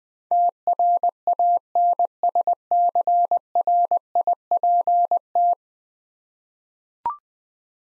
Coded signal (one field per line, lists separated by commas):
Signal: Morse code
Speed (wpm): 21 wpm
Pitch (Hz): 700 Hz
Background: none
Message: TRANSCRIPT